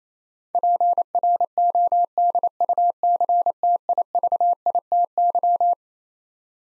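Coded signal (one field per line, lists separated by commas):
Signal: Morse code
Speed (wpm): 27 wpm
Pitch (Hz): 700 Hz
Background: none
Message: PRODUCTIVITY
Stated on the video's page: Morse head-copy drill of twelve-letter words at 28 wpm, each word sent, spoken, then sent again.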